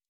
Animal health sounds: hydrophone in a shrimp aquaculture tank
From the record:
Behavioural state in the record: stressed

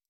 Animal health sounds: hydrophone in a shrimp aquaculture tank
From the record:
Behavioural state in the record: stressed

